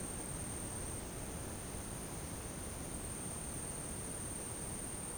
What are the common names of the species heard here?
none